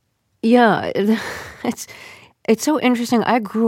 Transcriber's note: laughter